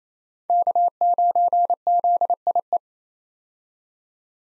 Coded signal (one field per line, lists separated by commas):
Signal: Morse code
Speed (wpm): 28 wpm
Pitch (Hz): 700 Hz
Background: none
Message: K9ZIE